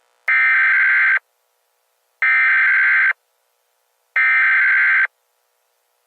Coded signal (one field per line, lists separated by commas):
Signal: Emergency Alert System (SAME) tones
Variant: header bursts